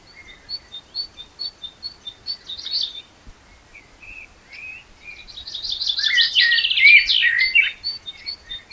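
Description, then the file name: Common blackbird song: a few low whistled notes, then a loud swelling twittering flourish, with a steady series of thin high ticks from another bird throughout. "Turdus merula"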